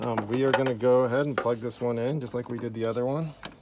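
During an LED headlight conversion on a 1992–1998 Chevy Tahoe / GMC Yukon / OBS Silverado Sierra 1500 2500 3500, the wiring connector is about to be plugged into the LED headlight bulb, just as on the other side. Someone talks throughout the clip, and nothing has seated or clicked yet.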